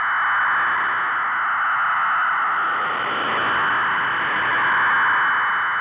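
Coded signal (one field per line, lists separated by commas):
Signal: fast PSK data mode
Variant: PSKR 1880 wpm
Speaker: finally we will take the pskr mode to its outer limits this is the ridiculously fast pskr 1880 words per minute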